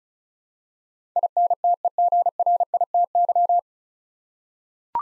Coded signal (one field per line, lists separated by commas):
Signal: Morse code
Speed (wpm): 36 wpm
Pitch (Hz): 700 Hz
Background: none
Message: INTEGRITY